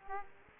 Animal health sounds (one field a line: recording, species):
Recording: mosquito wingbeat signal from an infrared sensor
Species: Aedes aegypti